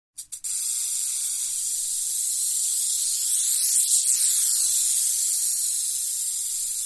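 Rattlesnake rattling: a couple of quick dry clicks, then a steady, hissing buzz held without a break to the end.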